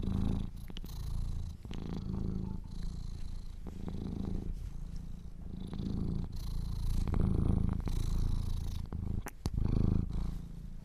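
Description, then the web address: Cat purring: deep, steady rumbling rising and falling with each breath, broken by a few soft clicks and rustles. Kittens purring. "sleepandrelaxasmr. The Purring Kittens"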